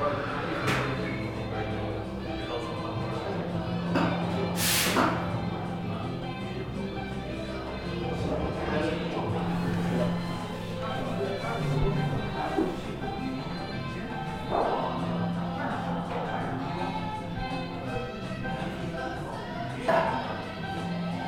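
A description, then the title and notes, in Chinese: Sitting in a café: a steady murmur of overlapping voices and chatter fills the whole stretch. Short clinks and clatters break through now and then, with a bright hiss near five seconds and sharper knocks around fifteen and twenty seconds. 坐在咖啡馆有点开心｜城市声音。北京地坛旁边 没有特地录说话声。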